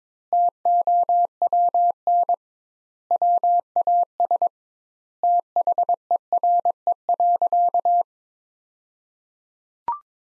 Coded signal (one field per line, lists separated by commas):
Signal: Morse code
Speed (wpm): 22 wpm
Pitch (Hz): 700 Hz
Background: none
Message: TOWN WAS THERE.